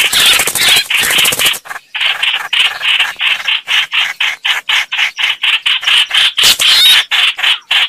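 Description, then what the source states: Red-whiskered bulbul distress calls: harsh, raspy bursts repeated about four times a second, continuous at first, then broken into rapid separate notes. Distress call, described as calling for help.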